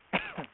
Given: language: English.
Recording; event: throat vibration sensor signal played as sound; cough